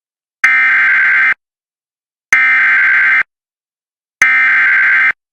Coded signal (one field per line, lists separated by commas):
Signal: Emergency Alert System (SAME) tones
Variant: header bursts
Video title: US Emergency Alert Systems 2026 (part 7)